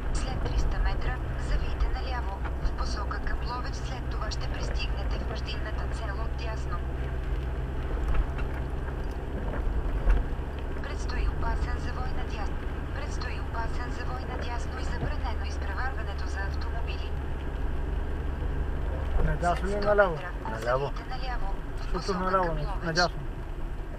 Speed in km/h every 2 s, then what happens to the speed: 38, 37, 38, 38, 40, 42, 44, 44, 42, 43, 41, 36.
0-20 steady at about 41.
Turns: none.